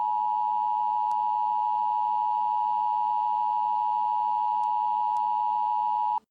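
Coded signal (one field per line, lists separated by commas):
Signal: Emergency Alert System (SAME) tones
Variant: 853 and 960 Hz attention tone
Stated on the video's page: Mock EAS alert based on the cartoon The Amazing World of Gumball.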